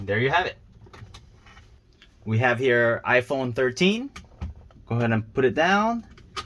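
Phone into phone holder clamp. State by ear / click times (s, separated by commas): not seated / none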